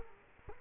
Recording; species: mosquito wingbeat signal from an infrared sensor; Culex quinquefasciatus